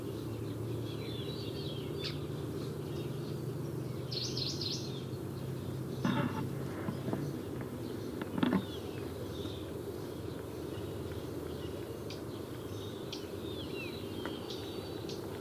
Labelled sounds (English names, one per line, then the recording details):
Dusky Warbler
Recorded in the wild
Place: Ulan Bator, MN
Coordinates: 47.886, 106.906
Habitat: Park
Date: 1979-06-05 05:55
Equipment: Nagra III BH, Sennheiser MD 21, parabola
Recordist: Schubert, Michael